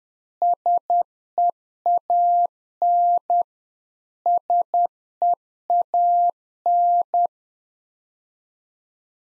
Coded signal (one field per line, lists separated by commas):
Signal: Morse code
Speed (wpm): 10 wpm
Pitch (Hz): 700 Hz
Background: none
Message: SEAN SEAN